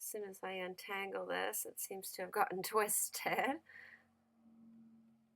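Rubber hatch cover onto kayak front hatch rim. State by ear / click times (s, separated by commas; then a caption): not seated / none. A twisted rubber hatch cover is being straightened on a kayak's front hatch rim before it is pushed closed, while someone talks for most of the clip. The speech gives way to quiet handling sounds and a faint low hum near the end. The hatch cover has not popped or seated onto the rim yet.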